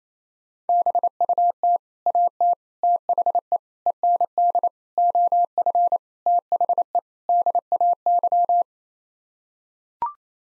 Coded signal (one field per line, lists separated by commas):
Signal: Morse code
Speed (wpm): 27 wpm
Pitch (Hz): 700 Hz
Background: none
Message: BUT AT THE END OF THE DAY